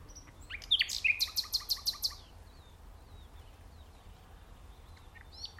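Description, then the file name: Common nightingale delivering a quick burst of sharp notes followed by a rapid run of repeated chirps, then falling mostly silent with faint notes. "Luscinia megarhynchos"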